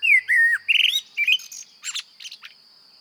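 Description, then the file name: Common blackbird song: a few mellow whistled notes that rise and fall, then a quick scratchy twittering ending, with a constant thin high tone in the background. "Turdus merula"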